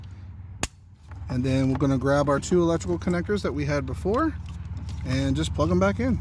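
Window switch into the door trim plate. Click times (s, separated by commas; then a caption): 0.6 s. The opposite side of a new plastic driver-side window switch for a 2007–2012 Nissan Altima is pushed down into the door trim plate and snaps in with one sharp click at 0.6 s, seating the switch. Afterward someone talks over a steady low hum.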